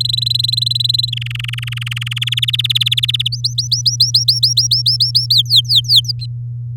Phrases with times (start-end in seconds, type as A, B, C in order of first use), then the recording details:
0.00-1.10 A, 1.12-2.24 B, 2.27-3.28 C, 3.32-5.34 D, 5.35-6.12 E. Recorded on 9 May 2018 at 06:47. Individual llb16